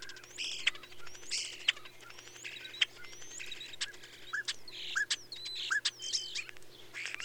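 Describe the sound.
Birdsong: lively mixed chirps, whistled upslurs and sharp ticking notes, with a steady low hum underneath.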